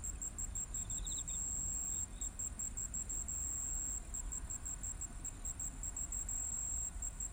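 Cricket calling with a continuous high pulsing trill, broken by a short gap near two seconds, over a constant low background rumble.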